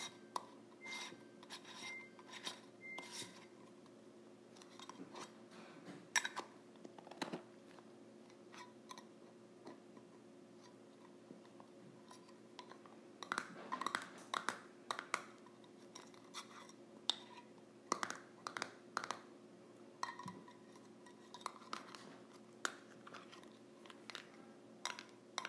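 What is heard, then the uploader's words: A tin container's lid is handled with frequent sharp metallic clicks, taps and scrapes, irregular and clustered, with busier bursts around 13–15 seconds and near 18–23 seconds. A steady low hum sits underneath throughout, and a faint thin tone appears early on. ASMR Lid of a Tin Container.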